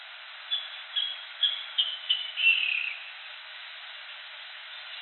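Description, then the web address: Rail calls: a series of sharp, harsh notes coming faster and slightly lower, ending in one longer grating squeal, over steady hiss. "aves rall"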